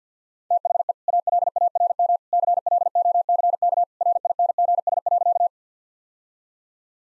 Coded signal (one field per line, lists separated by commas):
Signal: Morse code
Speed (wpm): 50 wpm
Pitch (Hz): 700 Hz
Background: none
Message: THE ALARM CLOCK RINGS.